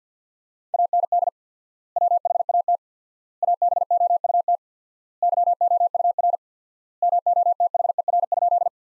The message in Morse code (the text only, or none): AND WHAT ABOUT YOUR MOTHER?